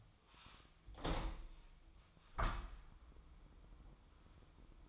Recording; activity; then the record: daily activity, microphone in the room; open window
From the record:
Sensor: 1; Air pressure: 1004.6 hPa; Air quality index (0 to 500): 110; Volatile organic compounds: 3 ppm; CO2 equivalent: 1525 ppm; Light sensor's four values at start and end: 8/20/8/8 and 9/21/8/9